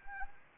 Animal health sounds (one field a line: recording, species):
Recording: mosquito wingbeat signal from an infrared sensor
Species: Anopheles arabiensis